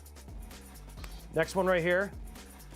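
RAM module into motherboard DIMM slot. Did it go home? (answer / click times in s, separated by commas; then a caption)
no / none. A RAM module is handled over its DIMM slot on a motherboard while someone talks briefly. A soft bump is heard around 0.5 s and a short sharp tick at 1.0 s. The module has not seated or clicked into the slot yet.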